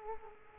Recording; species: mosquito wingbeat signal from an infrared sensor; Culex quinquefasciatus